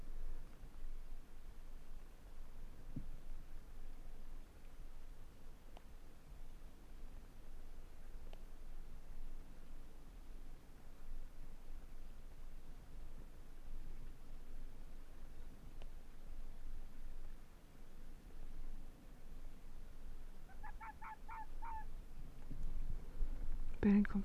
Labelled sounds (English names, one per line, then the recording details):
Arctic Fox
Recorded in the wild
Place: Insel Mednyi, Kommandeur-Inseln, RU
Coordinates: 54.5167, 168.083
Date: 1999-07-28
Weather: 8°C, leichter Südwestwind
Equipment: Sony WM-D6C, Sennheiser ME 80, K 30 AV, Windkorb, Kopie Tascam DA 30
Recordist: Jakupi, Antje